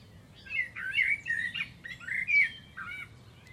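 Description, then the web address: Bird song of squeaky, warbled notes that rise and fall, several quick phrases over three seconds, with a low background hum. "Deverinetal. Bird Only"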